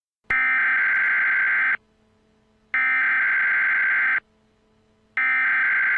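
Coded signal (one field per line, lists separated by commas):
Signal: Emergency Alert System (SAME) tones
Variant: header bursts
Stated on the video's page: Simulated EAS alert based on a TV episode, using real EAS tones made with PowerPoint, text-to-speech and Audacity.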